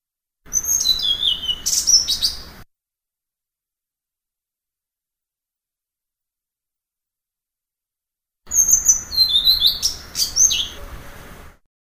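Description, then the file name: Blue-throated flycatcher song: two bursts of high, sweet whistles and sliding notes with sharp clicks, separated by about six seconds of silence. "kicau sikatan blue throated. omkicau"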